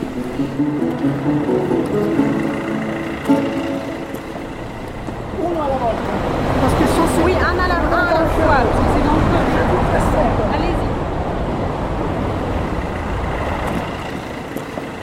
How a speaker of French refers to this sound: Donc là, on est dans un tunnel, on longe un tunnel que les voitures empruntent avec enthousiasme. C'est très bruyant.